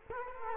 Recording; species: mosquito wingbeat signal from an infrared sensor; Culex quinquefasciatus